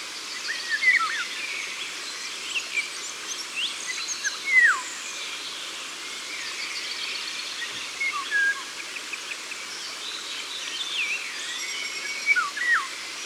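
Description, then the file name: Eurasian golden oriole whistling clear yodeling phrases roughly every four seconds, with a steady backdrop of bird chatter. Ardèche, France. "Loriot-d Europe-Concerts-Naturels-De-l Ardeche"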